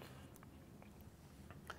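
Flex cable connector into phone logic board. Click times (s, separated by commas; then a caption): 1.7 s. A flex cable connector is pressed onto an iPhone 4S logic board during a screen repair, with a few faint small ticks and taps beforehand. A sharp click at 1.7 s marks the connector seating.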